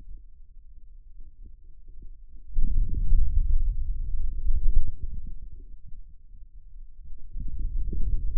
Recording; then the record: forearm muscle sounds (acoustic myography)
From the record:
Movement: hand closing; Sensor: system 2, bracelet of six BSWA MPA416 microphones around the upper forearm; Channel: 6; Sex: male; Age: 22 years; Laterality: right